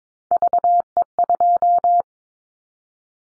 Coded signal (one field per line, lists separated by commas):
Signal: Morse code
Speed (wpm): 22 wpm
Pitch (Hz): 700 Hz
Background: none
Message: VE2